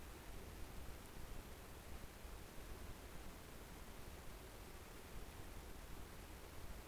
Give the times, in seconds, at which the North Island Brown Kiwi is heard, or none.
none